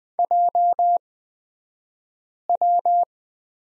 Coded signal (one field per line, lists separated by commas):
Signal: Morse code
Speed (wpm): 20 wpm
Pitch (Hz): 700 Hz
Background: none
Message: JW